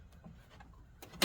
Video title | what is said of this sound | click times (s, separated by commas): HOW TO - REPLACE SMALL BACK WINDOW - 2006 TRAILBLAZER | our clippy guy is on track and you wanted to hear that click and you have that click which is fantastic | 1.2 s